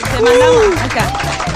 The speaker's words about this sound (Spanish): En 1987, en Argentina, ¿quién nacía? Nace la actriz, modelo y cantante Luciana Lopilato. ¡Aplausos! ¡Feliz cumple, Luli!